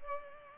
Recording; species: mosquito wingbeat signal from an infrared sensor; Culex pipiens